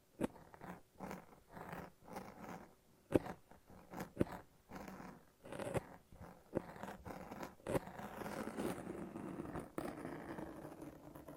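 Sticky tape and a lint roller peel and rip in repeated crackling pulls, each a rough tearing burst lasting under a second. Sharp clicks snap through at about 0.2, 3, 4, 6.5, 7.7 and 9.7 seconds. After eight seconds the ripping grows denser and more continuous.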